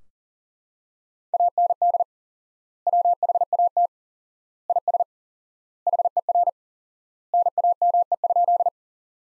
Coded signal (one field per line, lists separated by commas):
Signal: Morse code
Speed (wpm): 37 wpm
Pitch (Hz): 700 Hz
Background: none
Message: AND WHAT IS HER NAME?